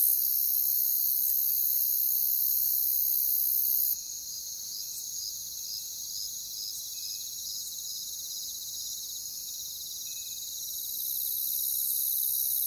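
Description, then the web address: Crickets chirping in a dense, high, continuous chorus with faint pulsed notes; the sound drops suddenly in loudness after four seconds, then swells again near the end. "Nature Sounds Sounds of Nature Collection Crickets"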